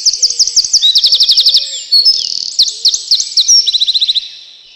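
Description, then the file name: Eurasian wren song, high and piercing: rapid repeated looping notes, a dry fast trill and a sharp flourish. "крапивник"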